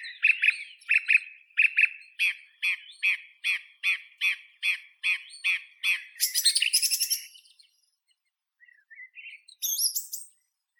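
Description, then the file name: Song thrush song: a long series of the same sharp chirping note repeated many times, then a harsh high chatter, a few soft thin notes and a final high phrase. "Drozd pevchij Turdus philomelos"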